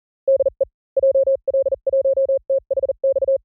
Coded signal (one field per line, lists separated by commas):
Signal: Morse code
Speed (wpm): 40 wpm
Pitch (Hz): 530 Hz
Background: none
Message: DE JL1THX